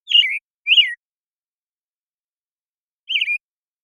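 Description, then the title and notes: American Robin: two rich slurred whistles in quick succession, a two-second pause, then a third warbling note. Morning song in a very long sequence, made with a parabolic recorder and processed clean with natural pacing kept; Pacific Northwest, Washington, United States. "American Robin Morning Song. American Robin, Turdus migratorius, morning song, very long sequence, parabolic recording. Recorded in the beautiful Pacific Northwest, Washington, United States"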